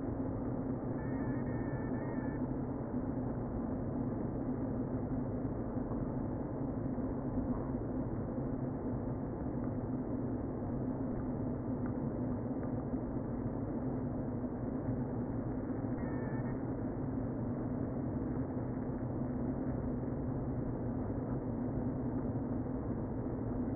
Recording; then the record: honeybee colony, microphone inside the hive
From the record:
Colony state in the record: queen present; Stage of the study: before two queens were removed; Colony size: about 60,000 bees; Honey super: yes